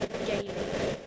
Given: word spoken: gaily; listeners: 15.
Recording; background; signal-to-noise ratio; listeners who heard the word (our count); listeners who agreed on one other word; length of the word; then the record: one English word in noise, from a listening test; noise modulated by three-talker babble; -6.0 dB; 4 of 15; 7 of 15; 0.67 s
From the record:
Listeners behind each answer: 7, 4, 2, 1, 1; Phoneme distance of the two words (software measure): 17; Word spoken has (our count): 2 syllables, 4 phonemes, stress on syllable 1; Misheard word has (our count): 1 syllable, 3 phonemes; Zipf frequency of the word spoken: 2.32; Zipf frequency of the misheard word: 5.54